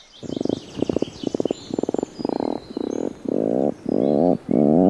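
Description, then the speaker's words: Atlantic puffin giving a low growling call in a series of pulsed bursts, the later bursts longer and smoother, slightly rising and falling in pitch. Growling call made inside the nesting burrow after egg-laying, vaguely reminiscent of a chainsaw, but softer. "Als de eieren eenmaal zijn gelegd, trekt de papegaaiduiker zich terug in het broedhol en hebben ze een grommende roep die vaag doet denken aan het geluid van een kettingzaag, maar dan zachter."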